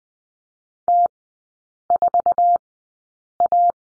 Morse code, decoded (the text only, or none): T4A